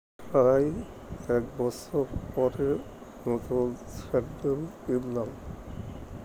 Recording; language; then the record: elicited speech; Bengali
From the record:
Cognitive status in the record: dementia